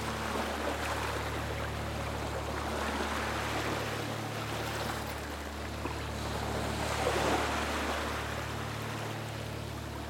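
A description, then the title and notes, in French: Ocean waves wash in a dense, continuous hiss, swelling slightly around the seventh second, while relaxing music underneath holds steady low sustained tones like a soft drone. A faint pulse dips the bass roughly every two and a half seconds. La MUSIQUE Relaxante et le Bruit des VAGUES pour Favoriser le SOMMEIL.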